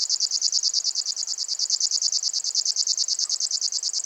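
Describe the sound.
River warbler song, a dry, insect-like reeling of fast pulses, steady and unbroken throughout.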